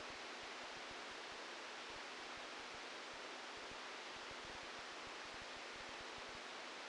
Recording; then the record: brain microelectrode recording played as sound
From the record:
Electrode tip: outside the subthalamic nucleus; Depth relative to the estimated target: 4 mm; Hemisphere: left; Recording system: NeuroSet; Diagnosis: Parkinson's disease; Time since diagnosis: 12 years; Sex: male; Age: 61 years